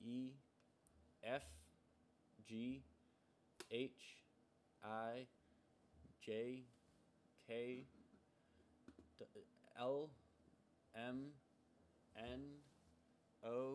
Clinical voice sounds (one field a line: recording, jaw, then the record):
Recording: letters of the alphabet, spoken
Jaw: free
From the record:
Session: seven days later